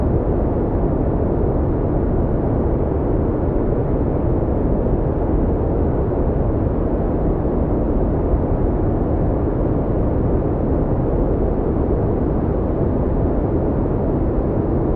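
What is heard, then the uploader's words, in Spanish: Brown noise rumbles steadily throughout, deep and warm, thick in the lows, fading off well before the treble, with no changes or events. Un tono profundo y retumbante, a diferencia del brusco ruido blanco. El ruido marrón tiene un tono más profundo y cálido.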